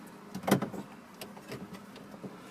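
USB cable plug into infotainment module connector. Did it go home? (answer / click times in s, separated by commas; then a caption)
yes / 0.5 s. A USB cable plug, clip facing up, is pushed into the black plastic connector on the SYNC infotainment module of a 2011/2012 Ford Edge during a dead/blank/black screen repair. Soft handling noise is followed by a sharp click at 0.5 s as the connector clicks in fully and seats, with a few lighter taps afterward.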